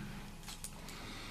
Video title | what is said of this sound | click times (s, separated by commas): UGears.es Tram with rails Instruction - Instrucción de Tranvía con rieles (subtitles) | When moving back this latch clicks. | 0.6 s